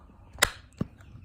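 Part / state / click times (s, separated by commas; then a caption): LED indicator lens into wing mirror housing / seated / 0.4 s. A plastic LED flow indicator lens with guide pins is pressed into an R36 wing mirror housing and snaps into place with a sharp, bright click at 0.4 s, followed by a softer, duller knock at 0.8 s. The lens ends up seated with good alignment and an even gap.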